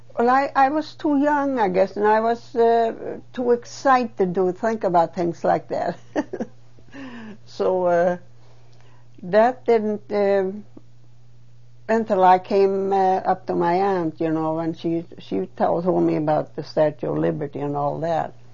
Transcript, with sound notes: Well, I, I was too young, I guess, and I was too excited to think about things like this. (She laughs.) So, uh, that didn't, uh, until I came, up to my aunt, you know, and she, she told me about the Statue of Liberty and all that.